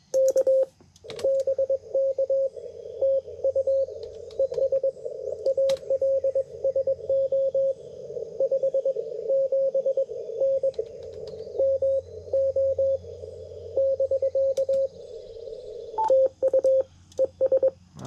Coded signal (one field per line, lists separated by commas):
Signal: Morse code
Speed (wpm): 21 wpm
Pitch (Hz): 530 Hz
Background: radio noise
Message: K BK TU ES ALSO 57N MO <BK> TU ES